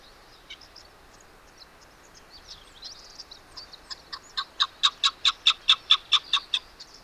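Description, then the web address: Chukar partridge calling, faint scattered notes building into a loud, regular series of clipped chuck notes that swell and then fade. "sound Chukar. صدای-کبک-چوکار"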